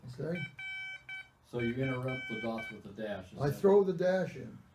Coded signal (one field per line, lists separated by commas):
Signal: Morse code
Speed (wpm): 10 wpm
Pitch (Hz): 2300 Hz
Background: speech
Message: RF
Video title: Art AB6HB at CW Class